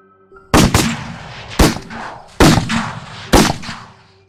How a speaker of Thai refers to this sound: สิ้นเสียงทิดหมานเสียงปืนลูกซองที่บรรจุกระสุนเงินก็ระเบิดขึ้นทันที